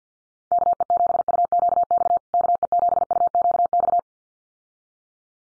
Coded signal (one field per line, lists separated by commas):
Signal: Morse code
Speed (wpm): 50 wpm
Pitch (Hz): 700 Hz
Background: none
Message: KE7UQX KE7UQX